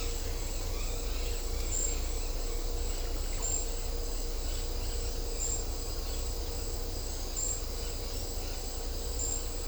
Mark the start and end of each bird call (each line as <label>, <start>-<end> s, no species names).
bird call, 0.76-2.67 s